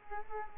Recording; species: mosquito wingbeat signal from an infrared sensor; Culex quinquefasciatus